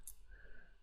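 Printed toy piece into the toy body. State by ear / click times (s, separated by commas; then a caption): not seated / none. Two 3D-printed plastic parts of a jumping-man fidget toy are pressed together, a printed piece pushed into the toy body in hopes of a snap fit. A brief sharp contact sound comes at about 0.1 s, then only quiet low rumble follows. Nothing has snapped into place, so the parts are to be hot glued instead.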